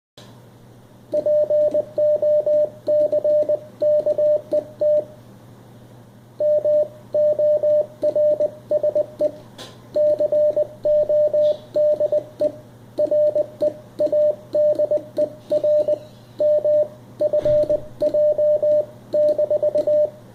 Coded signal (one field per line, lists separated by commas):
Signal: Morse code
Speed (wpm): 20 wpm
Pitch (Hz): 600 Hz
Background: radio noise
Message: POCKET MORSE CODE READER MFJ-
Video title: MFJ-461 Cw morse code reader